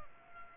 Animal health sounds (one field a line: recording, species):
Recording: mosquito wingbeat signal from an infrared sensor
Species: Aedes aegypti